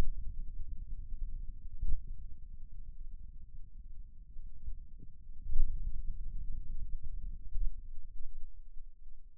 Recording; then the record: forearm muscle sounds (acoustic myography)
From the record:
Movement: finger pinch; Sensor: system 2, bracelet of six BSWA MPA416 microphones around the upper forearm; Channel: 2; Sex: male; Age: 22 years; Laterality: right